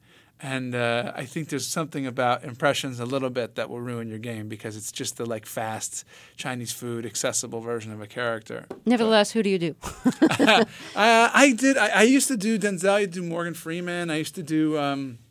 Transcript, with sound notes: And I think there's something about impressions a little bit that will ruin your game, because it's just the, like, fast, Chinese-food-accessible version of a character.
Nevertheless, who do you do?
(LAUGHTER)
I used to do Denzel. I do Morgan Freeman. I used to do